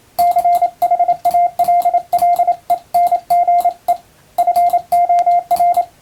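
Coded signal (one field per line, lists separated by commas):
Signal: Morse code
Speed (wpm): 28 wpm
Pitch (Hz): 700 Hz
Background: radio noise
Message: CHALLENGE FOR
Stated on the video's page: Morse practice of plain English text sent with an electronic keyer, somewhat fast.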